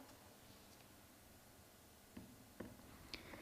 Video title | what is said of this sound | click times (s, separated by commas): How to Assemble & Use the UltraSpeed | lift the bucket and place it firmly until it clicks into place on the chassis here | 3.1 s